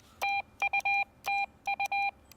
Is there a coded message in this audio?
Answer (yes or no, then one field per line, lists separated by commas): yes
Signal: Morse code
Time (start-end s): 0.2-2.1 s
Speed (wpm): 19 wpm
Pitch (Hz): 2400 Hz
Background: none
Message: TU TU